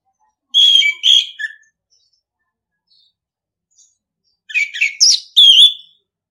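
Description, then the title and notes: Orange-headed thrush song: two bursts of rapid, varied whistled and chirping notes, separated by about three seconds of near silence. Training song (masteran) in the ngeplong style. "ANIS KEMBANG NGEPLONG. Masteran Anis Kembang"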